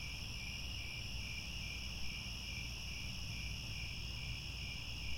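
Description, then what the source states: Steady cricket chorus, high layered trills with slight wavering pulses, accompanied by constant low-frequency background noise. Chorus of crickets chirping at twilight as the sun sets and stars appear.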